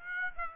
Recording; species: mosquito wingbeat signal from an infrared sensor; Aedes aegypti